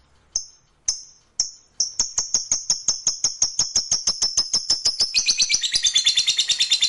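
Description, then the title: Lovebird starting with three separate shrill notes, then a string of rapid clicks that merges into a high chattering trill. Fighter lovebird giving ngekek panjang, a long drawn-out trill. "Begitu Dengar Suara Lovebird FIGHTER NGEKEK PANJANG"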